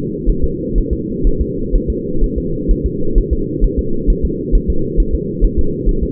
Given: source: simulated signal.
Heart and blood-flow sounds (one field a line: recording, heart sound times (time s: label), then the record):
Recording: fetal heart sounds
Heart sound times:
0.30 s: S1
0.44 s: S2
0.78 s: S1
0.93 s: S2
1.27 s: S1
1.42 s: S2
1.75 s: S1
1.90 s: S2
2.24 s: S1
2.38 s: S2
2.71 s: S1
2.86 s: S2
3.18 s: S1
3.33 s: S2
3.64 s: S1
3.79 s: S2
4.10 s: S1
4.25 s: S2
4.55 s: S1
4.70 s: S2
5.00 s: S1
5.15 s: S2
5.44 s: S1
5.59 s: S2
5.89 s: S1
6.03 s: S2
From the record:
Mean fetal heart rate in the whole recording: 130 bpm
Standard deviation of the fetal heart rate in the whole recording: 4 bpm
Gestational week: 38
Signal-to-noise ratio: -8.1 dB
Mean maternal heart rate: 72 bpm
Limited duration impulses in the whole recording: absent